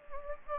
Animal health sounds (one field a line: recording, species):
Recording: mosquito wingbeat signal from an infrared sensor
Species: Anopheles gambiae